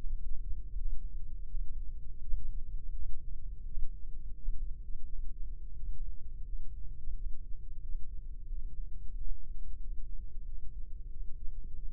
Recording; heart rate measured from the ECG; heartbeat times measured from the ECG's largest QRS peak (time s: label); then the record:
heart sounds by microphone in the left ear; 87 bpm
0.73 s: heartbeat
1.46 s: heartbeat
2.19 s: heartbeat
2.90 s: heartbeat
3.62 s: heartbeat
4.33 s: heartbeat
5.03 s: heartbeat
5.74 s: heartbeat
6.42 s: heartbeat
7.11 s: heartbeat
7.79 s: heartbeat
8.45 s: heartbeat
9.11 s: heartbeat
9.77 s: heartbeat
10.42 s: heartbeat
11.07 s: heartbeat
11.72 s: heartbeat
From the record:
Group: healthy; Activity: breath hold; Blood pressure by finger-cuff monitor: 94/60 mmHg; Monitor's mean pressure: 71 mmHg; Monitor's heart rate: 85 bpm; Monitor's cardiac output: 6.2 L/min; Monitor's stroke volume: 73 mL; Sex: male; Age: 22 years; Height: 181 cm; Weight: 60 kg